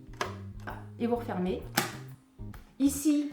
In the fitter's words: entendre le petit clic et